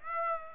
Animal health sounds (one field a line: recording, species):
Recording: mosquito wingbeat signal from an infrared sensor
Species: Aedes aegypti